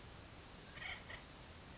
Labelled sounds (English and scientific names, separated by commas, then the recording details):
Acorn Woodpecker (Melanerpes formicivorus)
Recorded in Sonoma County, California